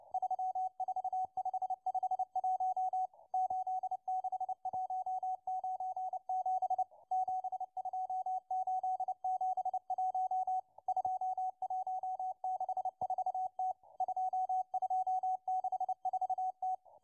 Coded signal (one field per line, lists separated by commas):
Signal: Morse code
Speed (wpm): 30 wpm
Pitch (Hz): 750 Hz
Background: radio noise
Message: 34551 86197 72871 2164T 2264T